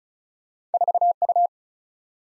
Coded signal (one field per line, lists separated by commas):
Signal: Morse code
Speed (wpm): 36 wpm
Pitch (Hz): 700 Hz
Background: none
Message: 4U